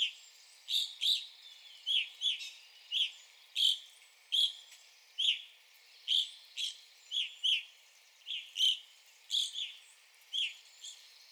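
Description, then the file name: Evening grosbeak calls: short, clear, slightly slurred chirps repeated steadily, many notes, sometimes in quick pairs. Recorded 9 April 2021. "2021-04-09 Evening Grosbeak"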